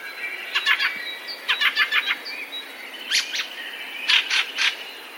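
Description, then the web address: Fieldfare giving harsh, dry chacking calls in short bursts of several notes, with a few thin squeaky notes between the bursts. "wroblowe kolekcja turdus pilaris"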